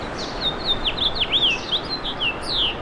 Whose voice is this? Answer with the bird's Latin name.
Haemorhous mexicanus